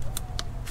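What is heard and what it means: A plastic wiring harness connector is pushed onto the ignition coil pack of an Acura TL after a spark plug change, against a low steady hum. Brief clicky taps come at about 0.2 and 0.7 s, and a sharp, bright click at 0.4 s marks the connector seating.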